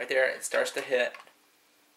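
A 30-round Magpul polymer magazine is pushed up into the magazine well of an Adams Arms AR-15 with the bolt forward, while someone talks over the handling for about the first 1.3 seconds before it falls to a faint steady hum. Nothing has seated or clicked yet.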